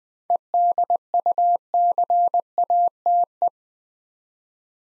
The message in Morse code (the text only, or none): EDUCATE